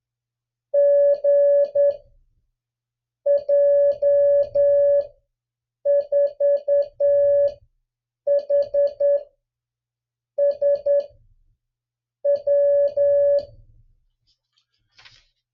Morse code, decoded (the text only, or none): GJ4HSW